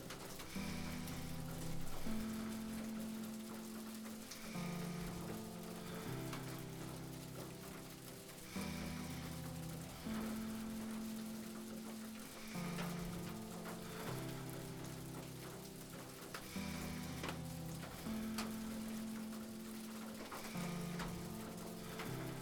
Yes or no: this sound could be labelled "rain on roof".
yes